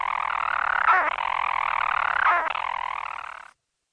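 European storm petrel, a churring purr punctuated by two hiccup breaks, stopping abruptly after about three and a half seconds, then silence.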